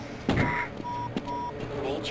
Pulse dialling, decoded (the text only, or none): none